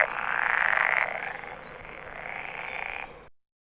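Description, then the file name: Pool frog mating call, a rattling croak, loudest in the first second, softer after, then louder again before it stops. "poelkikker paringsroep"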